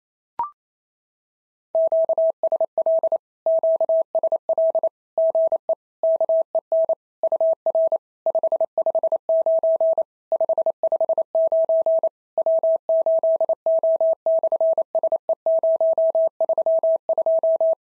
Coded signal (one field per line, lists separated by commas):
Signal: Morse code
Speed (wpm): 28 wpm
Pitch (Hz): 650 Hz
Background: none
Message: QSL QSL GE KEN UR 559 559 W8O/SE032